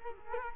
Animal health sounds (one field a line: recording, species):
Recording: mosquito wingbeat signal from an infrared sensor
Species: Culex quinquefasciatus